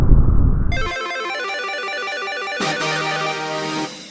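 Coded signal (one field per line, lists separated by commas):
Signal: none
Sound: beeps in background music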